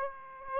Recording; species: mosquito wingbeat signal from an infrared sensor; Aedes aegypti